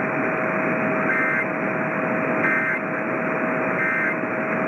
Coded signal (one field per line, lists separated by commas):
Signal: Emergency Alert System (SAME) tones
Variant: end-of-message bursts